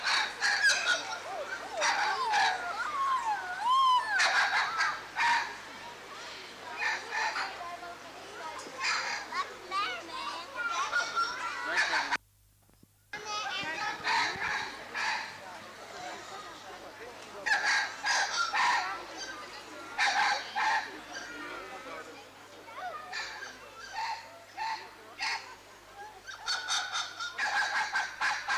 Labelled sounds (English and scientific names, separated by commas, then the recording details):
White-fronted Spider Monkey (Ateles belzebuth) call
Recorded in captivity
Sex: group
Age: diverse
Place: Tiergarten Wilhelma/Stuttgart, Baden-Württemberg, DE
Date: 2004-10-03 16:50
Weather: partly sunny, 17°C
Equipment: Sony WM-D6C, Sennheiser ME 80, Kopie Uher 4000 Report Monitor
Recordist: Tembrock, Günter